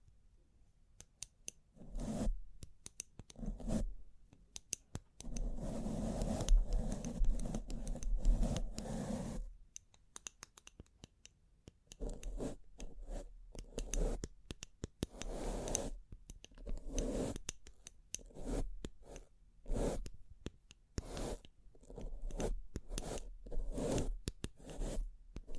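Bling bling triggers: scratchy rubbing and raspy, zipper-like strokes come in short bursts separated by brief pauses, with sharp clicks and taps scattered throughout. A longer, denser stretch of scraping runs from about six to nine seconds, over a faint low hum.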